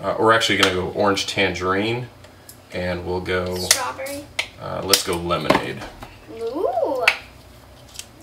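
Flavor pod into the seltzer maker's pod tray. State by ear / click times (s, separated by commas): seated / 7.1 s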